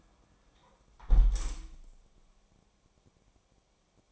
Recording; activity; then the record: daily activity, microphone in the room; close window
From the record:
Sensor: 1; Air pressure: 1000.5 hPa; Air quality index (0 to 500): 184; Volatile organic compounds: 4 ppm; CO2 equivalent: 1686 ppm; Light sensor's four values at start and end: 10/25/10/12 and 10/24/10/11